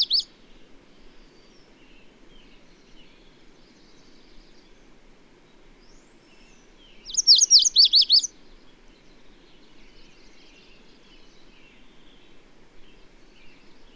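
Bird song: a short note at the start, then a single phrase of rapid, very high zigzag notes in the middle, with faint twitters and low background hum.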